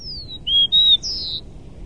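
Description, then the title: Bird song: a thin descending whistle, then two clear steady whistled notes and a higher buzzy note, against quiet background. "LuckyPassaro Completos2Sama"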